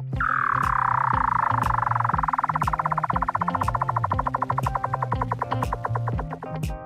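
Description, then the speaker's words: Weddell seal underwater trill, a long eerie whistle sliding down from high to mid pitch and breaking into pulses, over steady low musical tones and soft rhythmic beats. Underwater sounds the seals make to communicate, described as sounding like science fiction. "That sound is actually from a Weddell seal. It sounds like something out of science fiction, but these are actually seal sounds that they make underwater to communicate."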